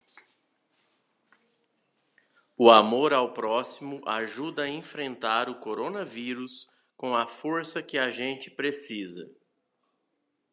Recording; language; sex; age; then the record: spoken sentence; Brazilian Portuguese; male; 40 to 49 years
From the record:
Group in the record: control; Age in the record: 47 years